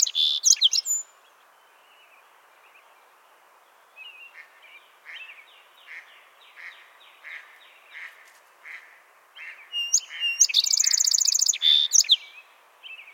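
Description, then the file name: Song sparrow song ending, a long quiet stretch of faint soft notes, then another bright rapid trill and closing chips. "Melospiza melodia - Song Sparrow"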